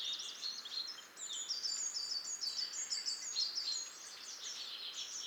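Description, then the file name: European robin singing a continuous stream of high, thin warbles and trills, rising and falling, over a faint background hiss. "Erithacus rubecula"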